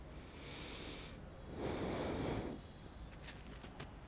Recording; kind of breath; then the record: one breath in and out by a microphone near the nose and mouth; normal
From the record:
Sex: male